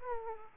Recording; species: mosquito wingbeat signal from an infrared sensor; Aedes aegypti